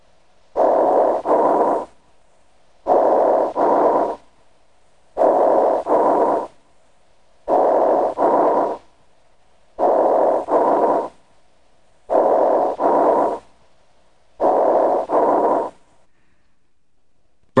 Severe fibrosis may produce bronchial breath sounds that are usually heard over the lower lung regions. Interstitial pulmonary fibrosis is a pathologic change caused by many chronic inflammatory diseases that produce diffuse lung injury. Bronchial breath sounds heard over a fibrotic area sound like this. Because the bronchi are patent, the sounds have a hollow or tubular quality. They are audible throughout inspiration and expiration. These bronchial breath sounds are high-pitched and are heard equally well with either the diaphragm or bell of the stethoscope.